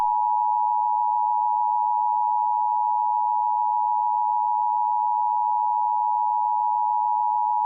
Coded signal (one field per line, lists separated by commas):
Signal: Emergency Alert System (SAME) tones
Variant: 853 and 960 Hz attention tone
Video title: Tornado warning EAS!